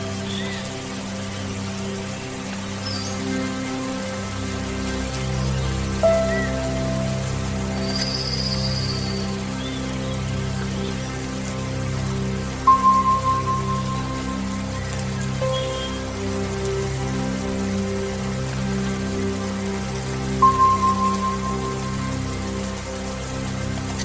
Meditation music, soothing rain sounds, and distant thunder